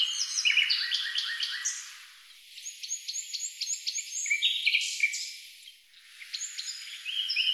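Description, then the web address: Bird song with fast, varied high chirps and trills in bursts, pausing briefly between phrases, over faint background hiss. "Deverinetal 2025"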